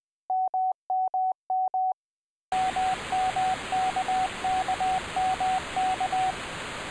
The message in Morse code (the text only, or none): MMM MMKKMK